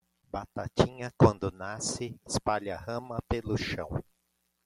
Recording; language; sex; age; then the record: short text; Brazilian Portuguese; male; 40 to 49 years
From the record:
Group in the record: control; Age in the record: 47 years